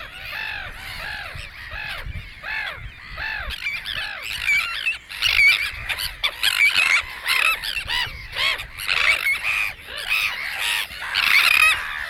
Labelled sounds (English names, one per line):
Sandwich Tern call